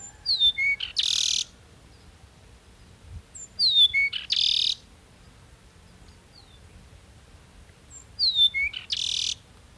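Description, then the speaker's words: Peruvian Meadowlark song, three phrases of high descending whistles, each ending in a harsh buzzy wheeze, over a quiet background. Recorded in Ecuador. "Now let's head way down south to Ecuador to listen to the song of Lystes bellicosus, the Peruvian meadowlark."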